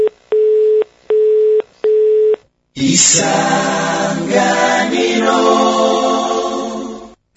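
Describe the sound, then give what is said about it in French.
A telephone busy signal, heard after the called person hangs up, sounds in three steady, evenly spaced beeps of a low, buzzy tone, then stops abruptly before a voice starts talking. “a préféré raccrocher son téléphone.”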